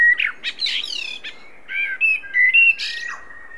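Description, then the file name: Common blackbird singing a varied phrase: rich whistled notes, some buzzy harmonic chuckles, then a long, level whistle to close. "Turdus merula"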